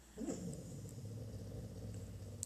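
Steady low rumbling snore from a sleeping dog.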